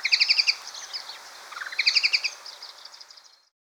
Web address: White-Throated Babbler Calls